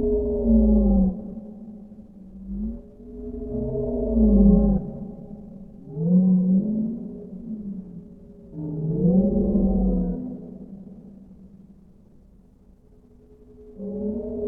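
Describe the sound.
Whale song: low, harmonic moans that swell and bend in pitch, repeated several times, with deep rumbling beneath.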